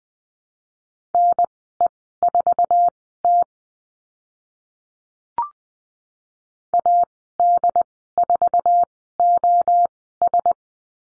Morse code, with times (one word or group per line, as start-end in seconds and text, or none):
1.1-3.4 NE4T
6.7-10.5 AD4OS